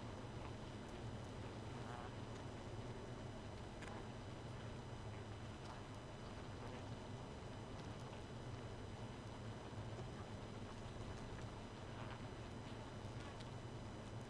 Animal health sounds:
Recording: honeybee colony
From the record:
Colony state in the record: missing queen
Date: 31 May 2018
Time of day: 1:54

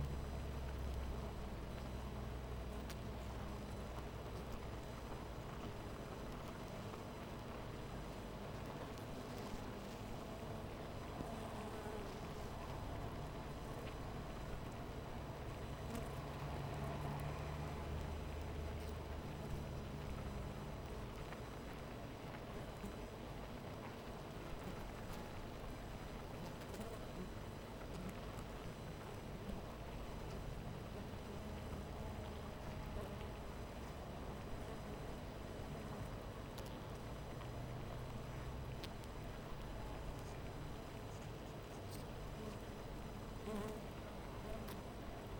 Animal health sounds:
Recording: honeybee colony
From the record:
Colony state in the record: missing queen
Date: 14 July 2017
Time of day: 12:55

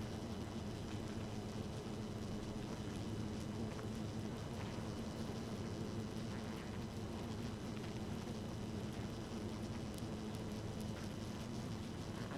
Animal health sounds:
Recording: honeybee colony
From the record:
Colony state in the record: active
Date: 12 June 2018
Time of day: 0:05

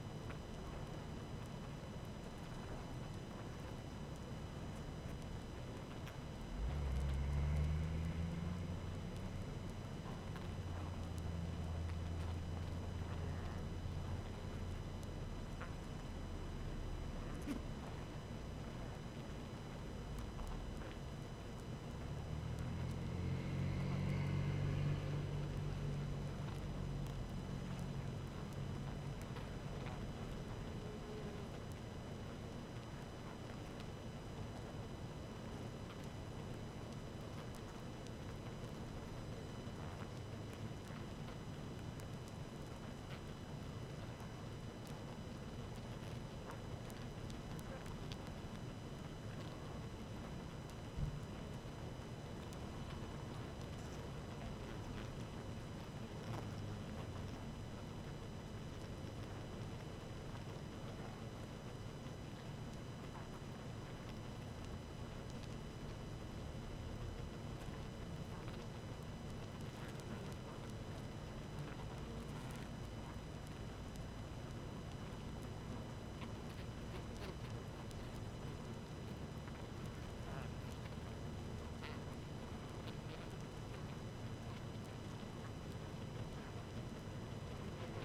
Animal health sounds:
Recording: honeybee colony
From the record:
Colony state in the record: active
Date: 12 June 2018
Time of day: 18:33

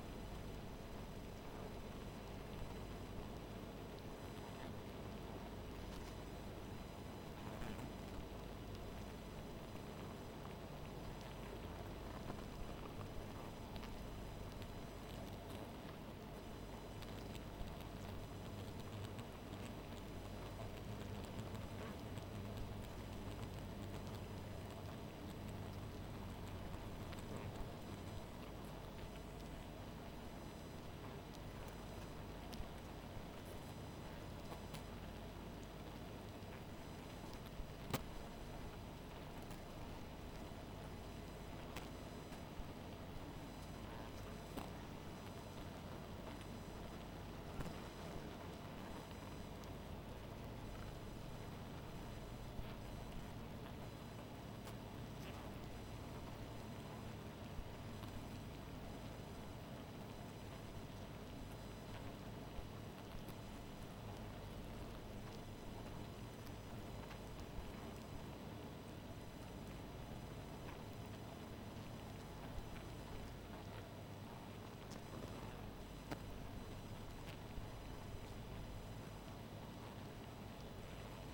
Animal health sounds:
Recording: honeybee colony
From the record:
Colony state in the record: missing queen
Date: 14 July 2017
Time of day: 0:48

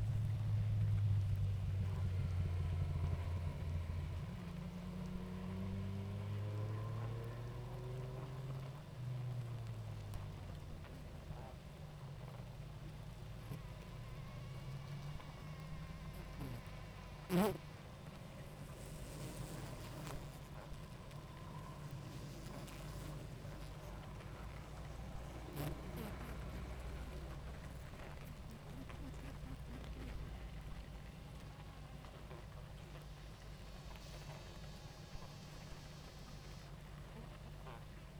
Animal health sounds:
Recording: honeybee colony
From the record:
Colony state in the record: active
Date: 28 July 2017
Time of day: 19:18

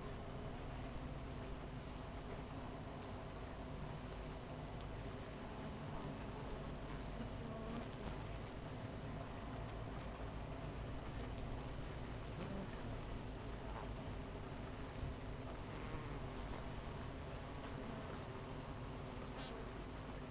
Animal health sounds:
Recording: honeybee colony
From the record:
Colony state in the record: missing queen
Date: 14 July 2017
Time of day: 9:09

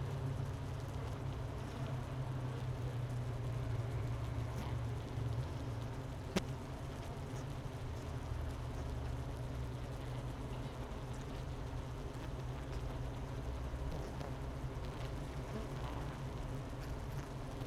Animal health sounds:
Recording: honeybee colony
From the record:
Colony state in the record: missing queen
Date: 31 May 2018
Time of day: 10:53

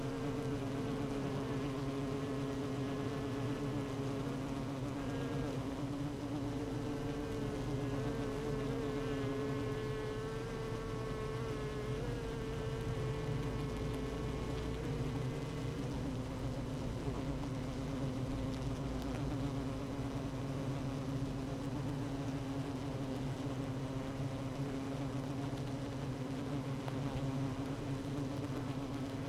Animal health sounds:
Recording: honeybee colony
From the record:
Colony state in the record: active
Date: 12 June 2018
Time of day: 16:40

